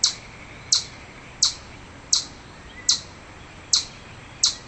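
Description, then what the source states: Chipmunk giving sharp, high chip notes, seven in a row at an even pace of roughly one every 0.7 seconds. Chipmunk calling in anger.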